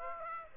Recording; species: mosquito wingbeat signal from an infrared sensor; Aedes aegypti